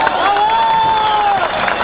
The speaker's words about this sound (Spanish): Este aplauso para